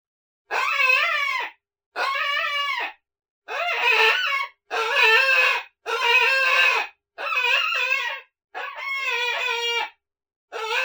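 Coyote pups calling in a series of wobbly, whining howls roughly a second long, repeated almost continuously with short gaps.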